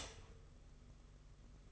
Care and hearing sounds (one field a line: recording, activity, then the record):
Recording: daily activity, microphone in the room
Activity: stop toaster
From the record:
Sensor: 4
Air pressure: 992.4 hPa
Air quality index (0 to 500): 143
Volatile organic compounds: 81 ppm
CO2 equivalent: 3613 ppm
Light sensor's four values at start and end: 18/63/23/24 and 18/63/23/24